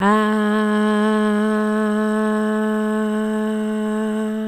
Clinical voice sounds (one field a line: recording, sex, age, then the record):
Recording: sustained vowel /a/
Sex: female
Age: 30 to 39 years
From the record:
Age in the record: 32 years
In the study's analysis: included